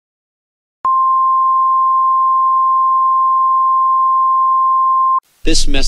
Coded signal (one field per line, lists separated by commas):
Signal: Emergency Alert System (SAME) tones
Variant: 1050 Hz attention tone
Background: speech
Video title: EAS Scenario #1: Extraterrestrial Invasion (Aliens)